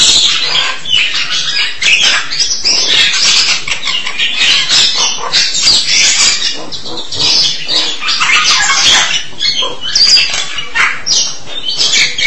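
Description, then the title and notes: Starling song: a long, dense stream of harsh, grating and squeaky notes with hardly a pause. "suara burung jalak"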